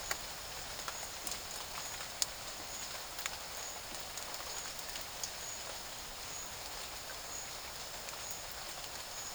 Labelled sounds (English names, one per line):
none